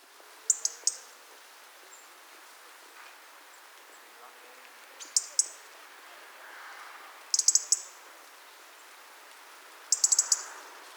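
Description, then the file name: European robin calls: thin, very high ticking bursts in four short clusters, repeated at irregular intervals of about two to five seconds over a faint hiss. "Erithacus rubecula"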